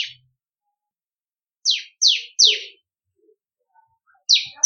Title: Suara Ciblek Kristal